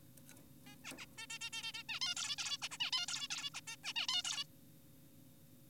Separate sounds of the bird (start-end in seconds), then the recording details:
0.66-0.76, 0.84-0.93, 0.98-1.06, 1.18-1.26, 1.30-1.38, 1.41-1.50, 1.53-1.72, 1.74-1.83, 1.89-2.00, 2.02-2.15, 2.17-2.36, 2.38-2.58, 2.62-2.69, 2.71-2.77, 2.80-2.91, 2.93-3.06, 3.08-3.28, 3.30-3.50, 3.54-3.61, 3.68-3.76, 3.84-3.93, 3.96-4.07, 4.08-4.22, 4.24-4.44. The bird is an adult. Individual g4p5U